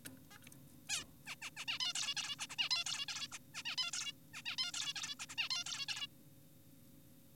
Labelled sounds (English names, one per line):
Zebra Finch